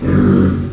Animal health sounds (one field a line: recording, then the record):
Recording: squeal of a Yucatan mini pig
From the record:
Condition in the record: after surgery on the right vocal fold (resection and tissue-engineered implant)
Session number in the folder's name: 12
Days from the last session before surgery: 105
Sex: female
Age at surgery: 19 weeks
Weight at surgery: 25 kg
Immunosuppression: prednisolone